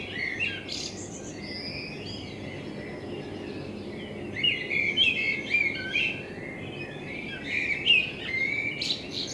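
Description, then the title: Common blackbird song, a twittering opening followed by mellow warbled phrases returning every few seconds over faint steady background noise. Binaural dummy-head recording made with a self-built dummy head, in front of the recordist's window, meant for listening on headphones. "Kunstkopfaufnahme der Amsel vor meinem Fenster"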